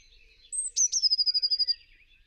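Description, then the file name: Eurasian blue tit song: a thin high note, two sharp downward ticks, then a rapid even trill, followed by faint softer chatter. "Cyanistes caeruleus"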